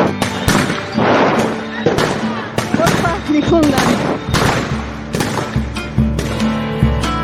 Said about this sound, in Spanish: Están reprimiendo de nuevo. Están tirando gases.